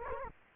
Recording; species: mosquito wingbeat signal from an infrared sensor; Culex quinquefasciatus